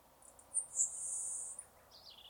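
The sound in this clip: LeConte's sparrow giving a very high, thin, insect-like buzz lasting about one second, preceded by short sharp notes and followed by a fainter lower note.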